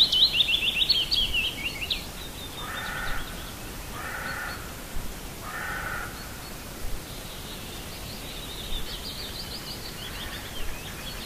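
Birds calling: high twittering trills at the start, then three hoarse caw-like calls, with fainter twittering returning near the end.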